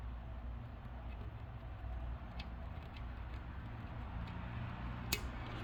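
While a Fantom Fury vacuum motor is serviced, the metal brush tension spring is worked into the brush holder so its arm snaps onto a small ledge and puts tension on the carbon brush. Over a steady low hum, a faint tick sounds at 2.4 s, then the spring gives a sharp, bright snap at 5.1 s. The spring is seated.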